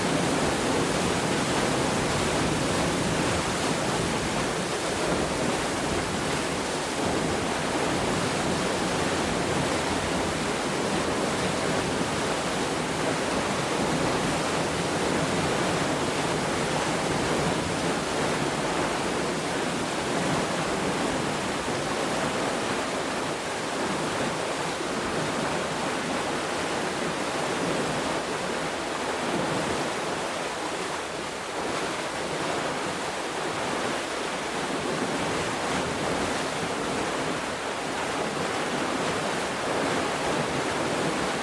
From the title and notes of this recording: Enjoy the gentle drama of a narrowboat passing through a lock on the Peak Forest Canal on the western edge of the Peak District. The sounds of a narrowboat passing through a lock on the Peak Forest Canal.